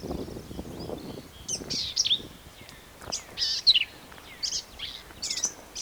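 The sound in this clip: Black-capped vireo giving high, raspy chirped phrases roughly every second or two, over a low rumbling background noise at the start.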